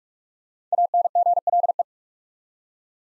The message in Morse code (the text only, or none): ANGLE